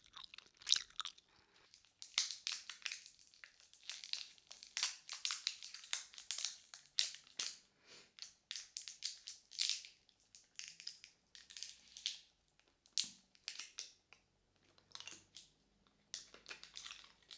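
Wet mouth sounds and gum chewing click and smack in quick irregular bursts, bright and crisp, with brief pauses.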